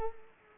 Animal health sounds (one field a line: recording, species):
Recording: mosquito wingbeat signal from an infrared sensor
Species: Culex quinquefasciatus